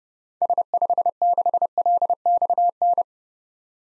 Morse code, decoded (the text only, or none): S56LXN